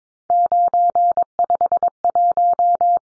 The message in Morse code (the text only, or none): 951